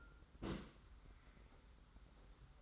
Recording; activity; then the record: daily activity, microphone in the room; place on stove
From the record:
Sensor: 3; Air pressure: 991.1 hPa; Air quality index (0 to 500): 103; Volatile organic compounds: 37 ppm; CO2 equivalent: 3096 ppm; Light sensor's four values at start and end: 44/124/50/44 and 44/124/51/44